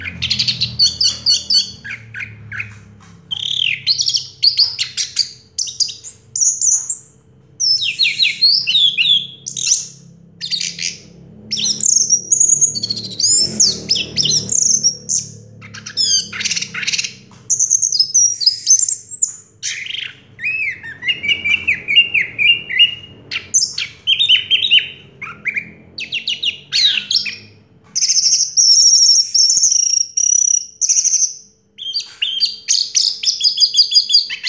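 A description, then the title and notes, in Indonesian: An orange-headed thrush sings almost without pause, pouring out fast, varied phrases of whistles, trills and sharp chirps, bright. A low, steady rumble sits underneath for most of the recording and fades near the end, where the song briefly stops before resuming. Anis merah gacor.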